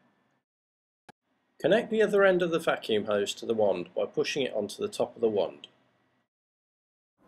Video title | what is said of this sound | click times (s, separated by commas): How to Use a Prochem Bravo Carpet Cleaner | by pulling back the outside cuff and pushing it on a click shows it is connected securely | 1.1 s